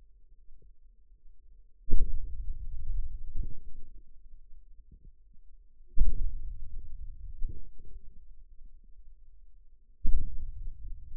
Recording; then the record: forearm muscle sounds (acoustic myography)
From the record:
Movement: hand opening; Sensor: system 2, bracelet of six BSWA MPA416 microphones around the upper forearm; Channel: 5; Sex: male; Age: 22 years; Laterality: right